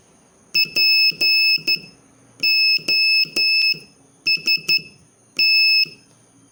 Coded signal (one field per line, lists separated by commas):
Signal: Morse code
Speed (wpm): 12 wpm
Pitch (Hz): 2600 Hz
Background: none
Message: POST